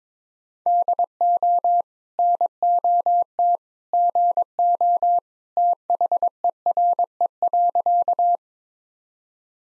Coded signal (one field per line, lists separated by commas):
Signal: Morse code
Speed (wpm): 22 wpm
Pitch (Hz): 700 Hz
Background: none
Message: DO NOT GO THERE.